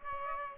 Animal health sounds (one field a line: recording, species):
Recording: mosquito wingbeat signal from an infrared sensor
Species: Aedes aegypti